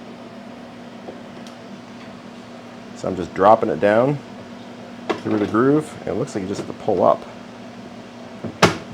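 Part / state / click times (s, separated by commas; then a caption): suspension rod into washing machine tub mount / seated / 8.6 s. A suspension rod is dropped through the groove in the tub mount of a Whirlpool Cabrio washing machine and pulled up as part of a fix for an unbalanced load (UL) error, while someone talks over a steady low hum. At 8.6 s one sharp, loud hit rings out as the rod snaps into place and is seated.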